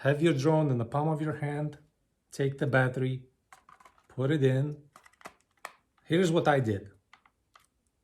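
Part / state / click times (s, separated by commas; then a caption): flight battery into a folding camera drone's battery bay / partly seated / 7.1 s. Someone talks while pushing a flight battery into the battery bay of a DJI Mavic 2 folding camera drone held in the palm of the hand. A few quiet plastic taps around 5.1 to 5.7 seconds lead to a soft click at 7.1 seconds. The battery looks installed but is only partly latched, not locked in place on both sides as it must be.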